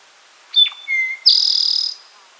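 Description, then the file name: Eastern towhee song: two clear whistled introductory notes, the first high and the second lower, then a fast buzzy high trill lasting about two-thirds of a second. "Eastern Towhee - Pipilo erythrophthalmus"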